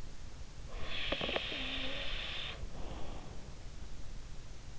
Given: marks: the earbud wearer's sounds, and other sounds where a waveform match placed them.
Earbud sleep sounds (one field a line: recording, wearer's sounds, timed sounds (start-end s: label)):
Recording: sounds in sleep by an in-ear microphone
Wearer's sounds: snoring breath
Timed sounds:
0.73-3.35 s: snoring breath